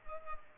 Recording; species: mosquito wingbeat signal from an infrared sensor; Culex pipiens